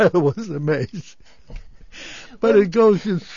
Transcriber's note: laughs